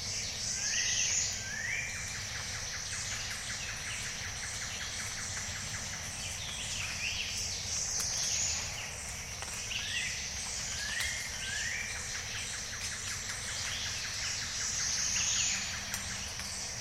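A diffuse chorus of bird-voiced treefrogs fills the evening, a dense, continuous layer of bright, whistled trills and chirps. Rising whistles recur every few seconds, and short high peeps cut through near 1, 8 and 15 seconds over a steady low rumble.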